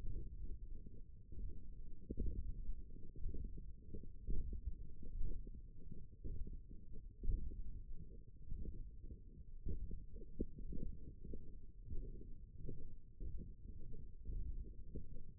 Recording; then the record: forearm muscle sounds (acoustic myography)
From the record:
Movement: radial deviation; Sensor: system 1, eight BSWA MPA416 microphones around the upper forearm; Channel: 4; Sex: male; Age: 18 years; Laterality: right